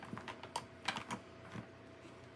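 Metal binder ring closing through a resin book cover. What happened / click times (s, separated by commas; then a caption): The binder ring is being handled and has not yet locked shut / none. A hinged metal binder ring threaded through the resin cover and paper pages of a memory book is handled while being closed. Several light, dry tapping and rattling sounds come at about 0.2, 0.3, 0.6 and 0.9 seconds. Nothing has seated or clicked shut yet.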